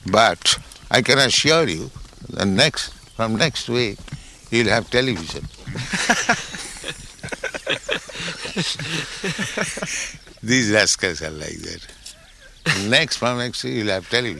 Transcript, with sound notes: But I can assure you that from next week you'll have television." [laughter] These rascals are like that. "Next, from next week, you'll have television,